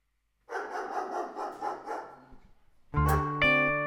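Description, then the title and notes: Dog barking in a rapid series of short barks for about two seconds, followed by a steady tonal hum near the end. "My Grandads Dog by PenCe"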